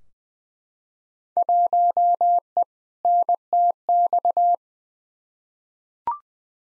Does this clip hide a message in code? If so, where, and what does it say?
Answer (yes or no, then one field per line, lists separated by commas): yes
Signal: Morse code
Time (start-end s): 1.4-4.5 s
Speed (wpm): 20 wpm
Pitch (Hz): 700 Hz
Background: none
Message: 1E NTX